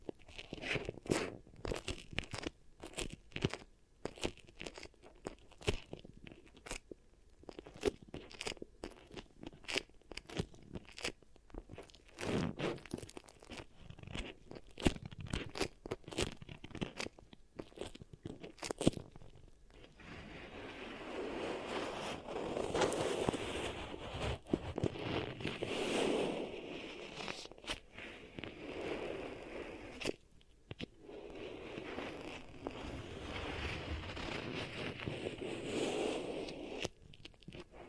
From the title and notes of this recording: ASMR Really Nice Beeswax Ear Triggers for SLEEP (No Talking).